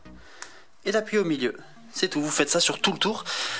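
A small screwdriver presses the centre pin of a plastic push-rivet trim clip on the front fairing of a CB500F motorcycle, during replacement of the front turn signals, and the clip releases. A sharp click is heard at 0.4 s, followed by someone talking.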